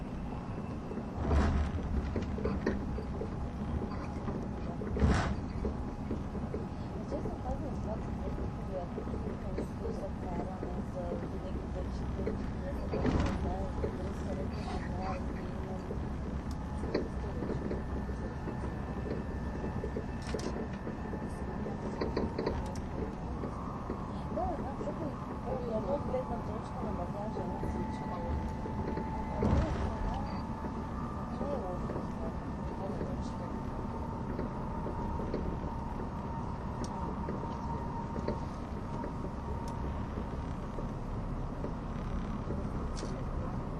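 Onboard an ETR610 tilting EuroCity train on the Gotthard Base Tunnel route, a steady low rumble of running fills the whole clip without letup. Brief knocks and clicks land every few seconds, a faint high tone hovers above, and murmured voices surface now and then.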